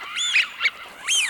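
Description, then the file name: Eurasian wigeon whistles, clear rising-and-falling whistled notes, three in just over a second. For a decoy caller device chip. "Свиязь Fischione"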